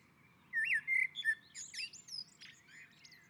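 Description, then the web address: Common blackbird giving a single mellow whistled phrase that dissolves into high, squeaky, twittering notes. Bird singing on a roof. "sammel Naturinspelningar Koltrast på taket"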